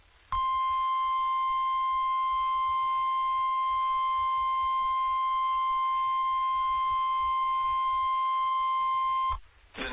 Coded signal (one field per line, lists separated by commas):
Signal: Emergency Alert System (SAME) tones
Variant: 1050 Hz attention tone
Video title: Severe Thunderstorm Warning #3 - 08/03/23 (EAS #2,831)